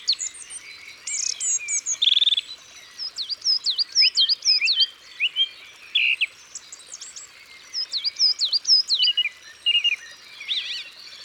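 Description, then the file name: Song thrush song, bright varied whistled and chirping phrases, some repeated in quick succession, with dense high overlapping notes throughout. Isère, France. "Grive-musicienne-Concerts-naturels-de-l Isere-Studio-Les-Trois-Becs"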